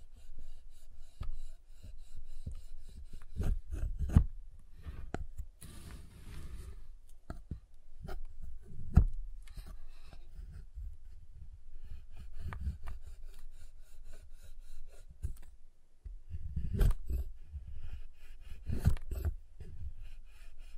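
A giant chocolate bar is handled with irregular tapping and cutting sounds, short dry clicks and knocks arriving every second or two over a low rumbling handling noise. Brief bursts of scraping appear around six seconds and again near seventeen to nineteen seconds.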